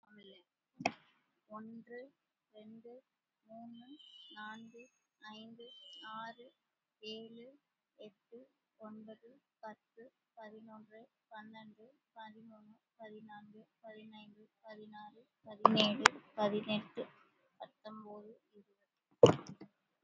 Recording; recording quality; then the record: counting at a normal pace; excellent, no background noise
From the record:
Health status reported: exposed to COVID-19, no respiratory illness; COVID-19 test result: negative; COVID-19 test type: RT-PCR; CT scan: not taken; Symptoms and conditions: cold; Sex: female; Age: 34 years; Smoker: no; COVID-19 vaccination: one dose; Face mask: worn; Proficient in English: yes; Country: India